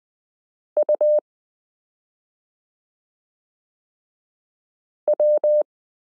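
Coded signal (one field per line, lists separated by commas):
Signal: Morse code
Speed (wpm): 20 wpm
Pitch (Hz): 600 Hz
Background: none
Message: UW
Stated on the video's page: Morse listening drill, lesson 13 of a Koch-method variation course, introducing letter n alongside k r s u a p t l o w i and period.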